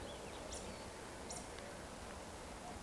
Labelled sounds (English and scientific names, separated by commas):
Eurasian Woodcock (Scolopax rusticola) whistle